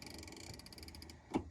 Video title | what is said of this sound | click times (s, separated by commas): How to Lock a Seatbelt for Car Seat Installation | It's a ratchet. And now this is locked and it's not going to go anywhere. | 0.0 s, 0.1 s, 0.7 s, 0.9 s, 1.0 s